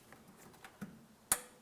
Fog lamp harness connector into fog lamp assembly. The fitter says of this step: listen for a click give it a tug do the same on both sides of the vehicle